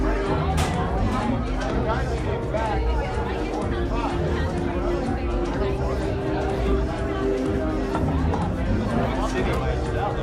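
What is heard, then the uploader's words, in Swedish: Murmuring bar sounds: many voices overlap into a dense, steady chatter that never drops away across the whole stretch. A faint sustained low tone runs underneath, and a brief bright clink cuts through near the start. Baren. En timme sorlande barljud.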